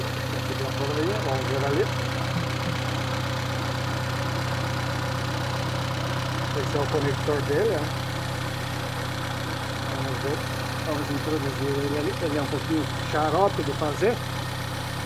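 A plastic electrical connector for a lambda (oxygen) sensor is held and lined up with its wiring harness plug while an engine idles steadily and someone talks, noting it is a bit fiddly to fit. Nothing has seated or clicked yet.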